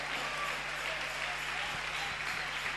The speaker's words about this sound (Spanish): Agradezco a Dios a nuestros músicos. Un aplauso para nuestros músicos.